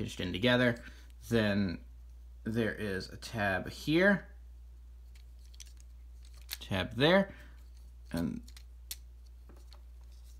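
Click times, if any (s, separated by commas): 8.9 s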